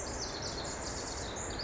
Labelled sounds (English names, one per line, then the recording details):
Pacific Wren
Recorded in Sonoma County, California